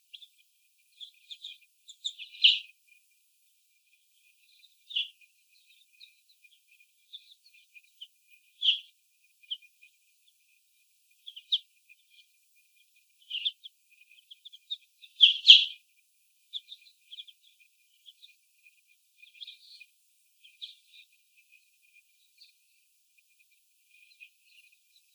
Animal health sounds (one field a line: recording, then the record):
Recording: young laying hens in a cage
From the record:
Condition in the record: before the stressor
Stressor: sudden umbrella opening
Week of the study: 1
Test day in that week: 1